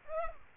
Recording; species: mosquito wingbeat signal from an infrared sensor; Aedes aegypti